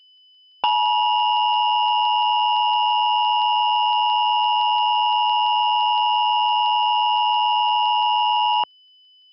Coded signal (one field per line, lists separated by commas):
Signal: Emergency Alert System (SAME) tones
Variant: 853 and 960 Hz attention tone